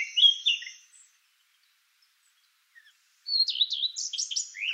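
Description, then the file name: Eurasian blackcap song: a brief warbled phrase at the start, a pause of about two seconds, then a quick run of varied whistled notes. "Sylvia atricapilla"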